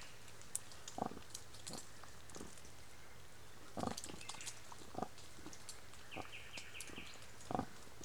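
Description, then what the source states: Wild boar snuffling and grunting in short bursts, with a faint quick chirping series partway through. Gâtinais français regional park, France; 18 May 2024 at 23:00.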